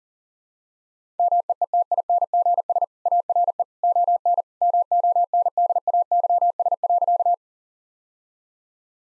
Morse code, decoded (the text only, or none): MEETINGS ARE ON MONDAYS.